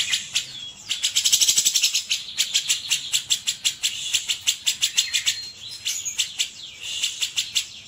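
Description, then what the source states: Grey-cheeked Bulbul song: continuous high, sharp chattering notes, mixed with a few short whistled sweeps. Masteran training song of cucak jenggot.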